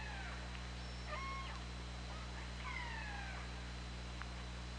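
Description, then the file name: Orca calls, short flat harmonic tones near one second followed by a longer descending harmonic call around three seconds, with a steady low hum beneath. OrcaLab hydrophone recording, 24 August 2017, 20:21:32. "Orca Lab 20170824 202132"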